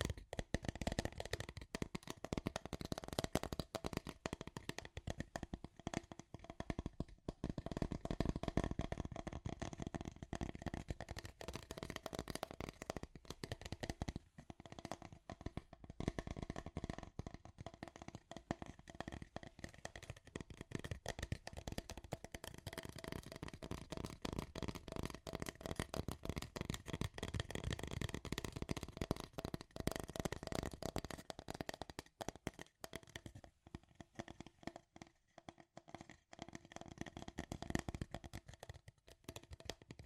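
Scratchy tapping runs dense and fast throughout, rough papery scrapes with crisp clicks, briefly thinning out around thirty-five seconds before resuming.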